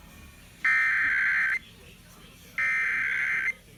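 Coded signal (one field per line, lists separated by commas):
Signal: Emergency Alert System (SAME) tones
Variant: header bursts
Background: speech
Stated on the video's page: Real statewide required monthly test relayed by FM broadcast stations at night.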